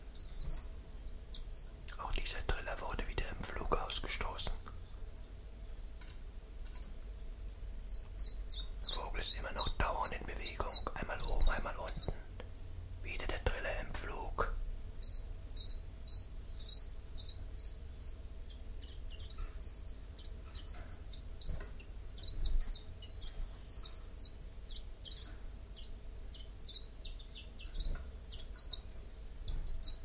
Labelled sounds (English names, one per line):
Common Chiffchaff song